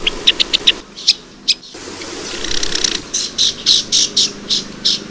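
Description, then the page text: Java sparrow calls: a series of short, sharp, high clinking notes, first a quick burst, then a few spaced notes, then a louder, steadier run, with some background noise. Call a harsh clink note; grassy city parks and lowland suburban gardens in Puerto Rico; travels in small flocks feeding on seeds and small insects on lawns and in gardens. "Java Sparrow. Audio 4 (M. Oberle)"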